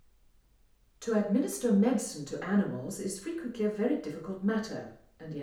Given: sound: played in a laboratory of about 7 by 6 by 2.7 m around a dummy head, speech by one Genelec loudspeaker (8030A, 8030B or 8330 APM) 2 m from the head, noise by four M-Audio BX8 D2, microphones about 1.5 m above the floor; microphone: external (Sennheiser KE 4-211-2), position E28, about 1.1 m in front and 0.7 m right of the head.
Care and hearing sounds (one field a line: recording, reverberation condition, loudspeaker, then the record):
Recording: female speech in English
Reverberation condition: medium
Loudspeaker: 90 degrees to the left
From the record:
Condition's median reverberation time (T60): about 510 ms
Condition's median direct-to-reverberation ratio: about -0.5 dB